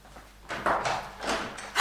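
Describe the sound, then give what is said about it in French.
A kitchen door being opened, with a series of scraping, rattling bursts of noise that swell and fade, ending on a sharper, louder knock-like sound. No one speaks. “Eh ben, c'est cette porte-là.”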